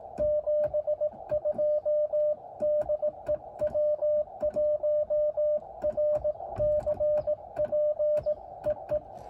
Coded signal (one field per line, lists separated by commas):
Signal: Morse code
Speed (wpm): 18 wpm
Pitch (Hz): 590 Hz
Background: music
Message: 72 DE W1RCP EE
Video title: First QRP CW POTA activation in a new park: Elecraft KX2 & K6ARK random wire. Albany Nursery WMA!